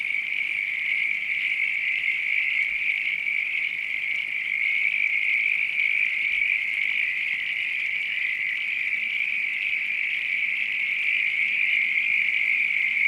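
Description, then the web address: Frogs in chorus, a dense, steady, high-pitched trilling that holds unbroken for the whole stretch, with no single caller standing out. Night countryside ambience. "Sound Effects-Foundation AMBIENCE NIGHT COUNTRY FROGS RAIN FARM ANIMALS LOOP"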